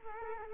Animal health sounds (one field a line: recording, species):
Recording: mosquito wingbeat signal from an infrared sensor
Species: Culex quinquefasciatus